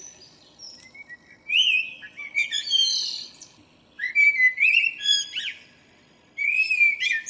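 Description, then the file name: Common blackbird song: three phrases of fluted warbling and high squeaky twittering, separated by short pauses. "Turdus merula"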